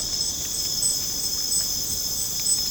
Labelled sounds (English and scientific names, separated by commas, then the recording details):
none
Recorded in dense forest near Puerto Asís, Putumayo, Colombia, on 30 June 2025 at 00:30
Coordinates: 0.486, -76.317
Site G065